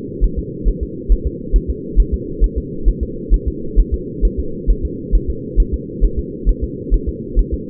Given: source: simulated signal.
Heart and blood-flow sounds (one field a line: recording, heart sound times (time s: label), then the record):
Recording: fetal heart sounds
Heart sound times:
0.24 s: S1
0.39 s: S2
0.69 s: S1
0.83 s: S2
1.12 s: S1
1.27 s: S2
1.56 s: S1
1.70 s: S2
2.00 s: S1
2.14 s: S2
2.44 s: S1
2.58 s: S2
2.89 s: S1
3.03 s: S2
3.34 s: S1
3.48 s: S2
3.80 s: S1
3.94 s: S2
4.25 s: S1
4.39 s: S2
4.70 s: S1
4.85 s: S2
5.15 s: S1
5.30 s: S2
5.60 s: S1
5.74 s: S2
6.05 s: S1
6.19 s: S2
6.49 s: S1
6.64 s: S2
6.94 s: S1
7.09 s: S2
7.39 s: S1
7.54 s: S2
From the record:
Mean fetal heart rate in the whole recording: 135 bpm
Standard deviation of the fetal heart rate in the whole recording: 3 bpm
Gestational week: 36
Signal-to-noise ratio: -4.3 dB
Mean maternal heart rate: 72 bpm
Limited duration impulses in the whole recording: absent